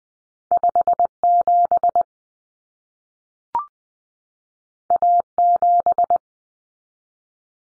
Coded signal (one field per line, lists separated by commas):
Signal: Morse code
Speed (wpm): 20 wpm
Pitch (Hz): 700 Hz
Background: none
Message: 57 A7